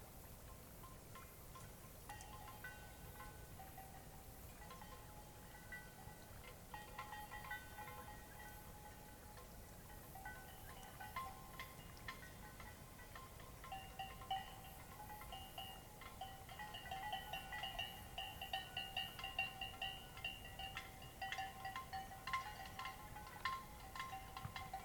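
A cloudy night beside Taylor Lake, with a soft, steady hiss underneath. Clear whistled notes and short ringing, chime-like calls come and go throughout, some held for several seconds, and they grow busier and louder in the second half.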